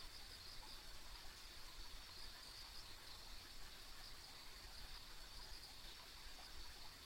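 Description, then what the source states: Insect chorus of shimmering high trills with a few brighter chirps, layered over a constant low rushing noise. Ambient insect sounds along a country road.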